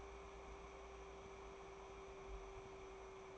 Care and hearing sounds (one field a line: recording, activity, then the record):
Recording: daily activity, microphone in the room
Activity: take from stove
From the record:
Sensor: 1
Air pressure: 1010.3 hPa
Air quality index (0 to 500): 171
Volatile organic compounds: 12 ppm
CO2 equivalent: 2359 ppm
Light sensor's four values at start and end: 65/163/69/87 and 66/166/71/89